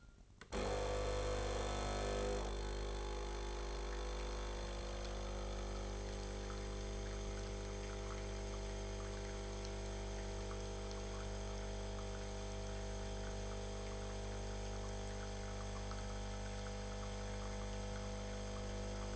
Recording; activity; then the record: daily activity, microphone in the room; make coffee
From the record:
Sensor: 4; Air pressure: 1008.2 hPa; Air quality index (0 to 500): 109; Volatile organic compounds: 1 ppm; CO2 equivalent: 805 ppm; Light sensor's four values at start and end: 12/25/11/11 and 12/26/11/11